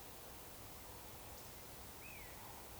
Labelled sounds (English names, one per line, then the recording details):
Eurasian Woodcock whistle
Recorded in Baden-Württemberg, Germany, on 13 June 2020 at 02:22 UTC
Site 43791, 788 m above sea level